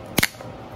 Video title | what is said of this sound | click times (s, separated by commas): REACTING TO PRIME CHERRY FREEZE | hear the clicks | 0.2 s